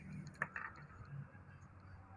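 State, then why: Seated. The storage compartment lid on a Suzuki Burgman Street 125 scooter, under the seat or at the front, is pushed closed so it locks without the key. It latches with a sharp click at 0.4 s, followed by two softer knocks at about 0.6 s over a low background hum. The lid is confirmed locked shut.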